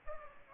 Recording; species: mosquito wingbeat signal from an infrared sensor; Aedes aegypti